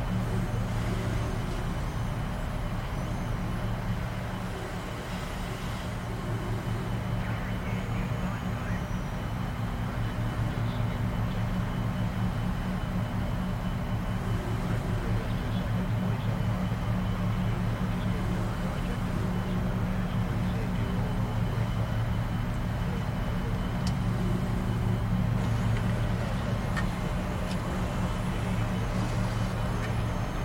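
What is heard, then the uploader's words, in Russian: Inside a shuttle cabin, a steady low engine drone and hum run throughout, with faint murmurs and small clicks scattered over the thirty seconds. Атмосфера Кабины Шаттла.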